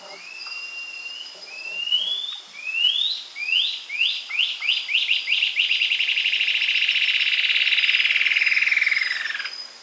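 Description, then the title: Cinereous antshrike song: whistled rising notes that come faster and faster, running into a long rattling trill that drops slightly in pitch, over a steady high hum. Subspecies caesius. "LuckyPassaro Completos2Sama. Cinereous Antshrike (Thamnomanes caesius caesius)"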